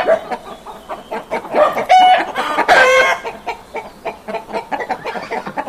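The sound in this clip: Chickens clucking in a busy flock, short overlapping clucks throughout with a louder, drawn-out harmonic squawk around the middle.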